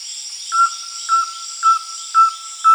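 Rusty-belted tapaculo uttering clipped whistled notes roughly every half second, with steady high-pitched insect noise in the background.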